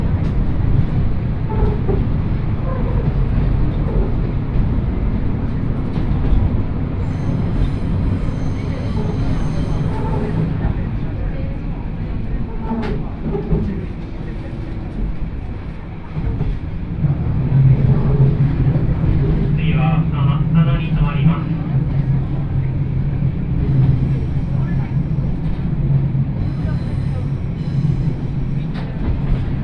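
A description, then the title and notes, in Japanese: A rail journey on the Yodo Line from Uwajima toward Chikanaga: a steady low rumble of the train fills the whole clip, loud and dense throughout. Brief voices surface now and then, and a faint whine or squeal rises around the twenty-second mark. 鉄道旅 予土線 宇和島→近永。キハ５４のロングシートにもう1両トロッコ車両がついていますが、こちらは途中の江川崎から乗車可能で、それに乗る人たちで混雑しています。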